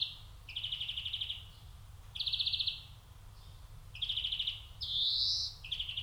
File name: Chloris chloris